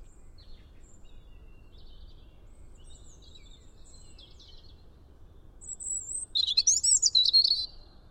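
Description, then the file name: European robin song: faint high notes at first, then a louder, quick tumbling phrase of thin, wavering whistles near the end, over a soft steady background hiss. "Erithacus rubecula"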